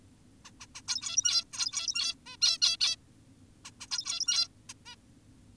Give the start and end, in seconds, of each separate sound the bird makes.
0.45-0.51, 0.61-0.66, 0.75-0.82, 0.88-1.44, 1.53-2.15, 2.26-2.37, 2.42-2.58, 2.62-2.77, 2.80-2.96, 3.65-3.71, 3.81-3.87, 3.91-4.48, 4.70-4.74, 4.86-4.96